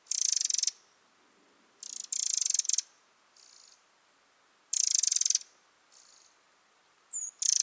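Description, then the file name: Eurasian wren calling with loud, harsh rattles, several long churring bursts separated by pauses, with a couple of softer buzzy notes between them. "Troglodytes troglodytes"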